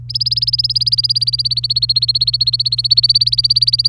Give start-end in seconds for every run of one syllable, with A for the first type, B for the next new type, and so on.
0.09-3.88 A